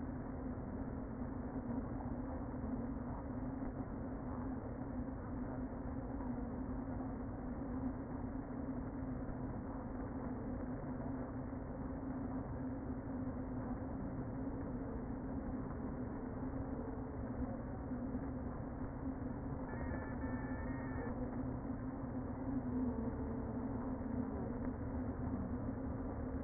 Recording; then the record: honeybee colony, microphone inside the hive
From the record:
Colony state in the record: queen present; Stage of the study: before two queens were removed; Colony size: about 60,000 bees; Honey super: yes